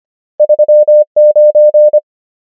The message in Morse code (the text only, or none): 3 9